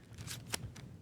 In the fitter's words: twist until it locks into place